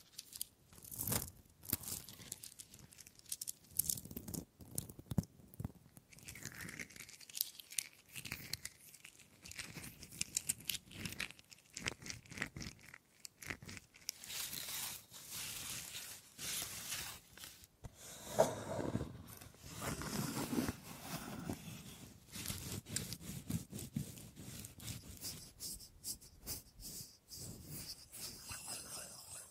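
Wooden objects are tapped, scraped and rubbed in a dense, uneven stream of small clicks and scratchy strokes. Sounds come in quick bursts with brief pauses, some crinkly and bright, others duller and lower, with a louder cluster around the middle.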